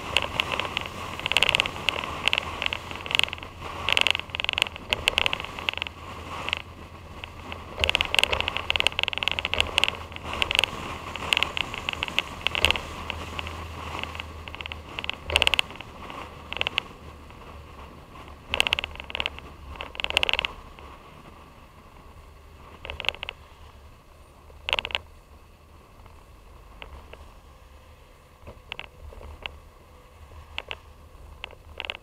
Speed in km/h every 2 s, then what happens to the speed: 47, 52, 50, 50, 52, 53, 52, 50, 52, 45, 29, 34, 35, 35, 31, 29.
0-17 steady at about 52. 17-20 brakes to 29. 20-26 steady at about 34. 26-32 slows to 29.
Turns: none.